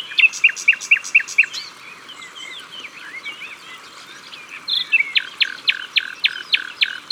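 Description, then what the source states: Common nightingale song: a rapid series of repeated whistled notes, a jumble of varied warbling phrases, then a run of sharp descending notes. At the water's edge.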